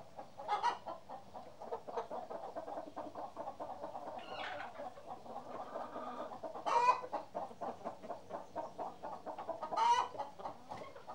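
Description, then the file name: Chickens clucking in a dense, steady chatter, broken by three louder squawks spaced a few seconds apart. More than one chicken. "kury"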